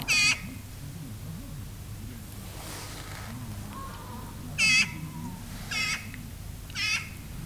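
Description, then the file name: Eurasian magpie chattering in four rough, grating bursts at uneven intervals, over a low droning noise. "Pica pica"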